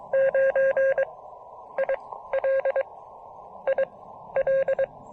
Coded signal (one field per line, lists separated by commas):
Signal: Morse code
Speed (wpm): 25 wpm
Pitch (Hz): 590 Hz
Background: none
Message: 9 IL IL